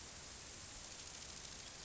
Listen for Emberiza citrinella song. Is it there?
no